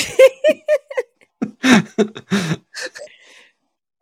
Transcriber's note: laugh